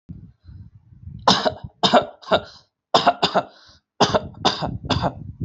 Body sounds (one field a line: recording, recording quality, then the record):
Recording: shallow voluntary cough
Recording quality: excellent, no background noise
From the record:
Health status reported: healthy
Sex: male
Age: 32 years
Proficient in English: yes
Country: India